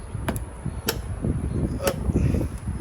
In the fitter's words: backside didn't snap on so let me get that